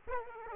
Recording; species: mosquito wingbeat signal from an infrared sensor; Aedes aegypti